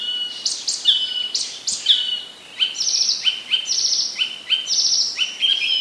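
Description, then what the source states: Icterine warbler song of repeated clear whistled notes mixed with buzzy, nasal phrases, delivered steadily with short breaks. Recorded in 2015.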